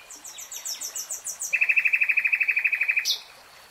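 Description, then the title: Nightingale song: a series of high whistled notes, then a fast, loud, evenly repeated chuckling trill lasting over a second, ending in a sharp high note. Nightingale singing in real time. "[Tiếng chim hót] 3 Hours REALTIME Nightingale Singing"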